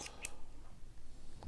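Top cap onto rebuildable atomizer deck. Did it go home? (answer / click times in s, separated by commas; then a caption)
yes / 0.2 s. A top cap is fitted onto a rebuildable vape atomizer deck, where cutout grooves lock it so it doesn't spin. A sharp, bright click at 0.3 s marks the cap locking tightly into place, followed by a softer tap near 1.4 s. The cap is seated.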